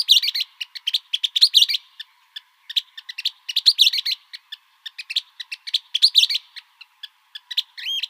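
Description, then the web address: Western kingbird giving irregular flurries of sharp ticks and squeaky, chattering notes. Arizona. "Flycatchers WEKI"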